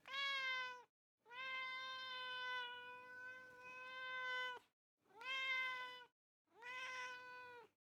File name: Cat Meow